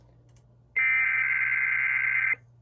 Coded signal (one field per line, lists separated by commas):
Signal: Emergency Alert System (SAME) tones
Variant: header bursts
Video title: EAS 1410-1412: KDKA EAS Test + WAHC Relays + Deviousness